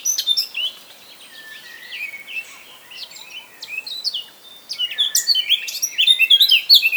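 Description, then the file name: Eurasian blackcap song: a short warble, a quieter scratchy stretch, then a louder, richer burst of fast, varied twittering notes. "Sylvia atricapilla"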